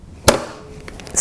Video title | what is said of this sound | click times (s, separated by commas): Brother PE 535 embroidery machine, let’s take a tour! | it in and hear the sound snapped | 0.3 s